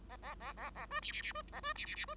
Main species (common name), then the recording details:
Bengalese Finch. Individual Bird5